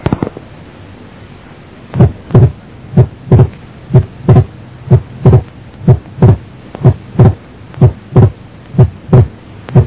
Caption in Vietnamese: Trong block nhánh phải, do khử cực thất phải chậm hơn thất trái, làm van động mạch phổi đóng muộn. Hai thành phần của tiếng thứ hai tách đôi càng xa nhau khi bệnh nhân hít sâu vào. Đây là đặc điểm quan trọng để chẩn đoán.